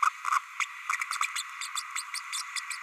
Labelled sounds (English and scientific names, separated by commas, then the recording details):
Green-rumped Parrotlet (Forpus passerinus) babbling
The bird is a male
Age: 30 days
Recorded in a nest box in Venezuela
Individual 17B32A6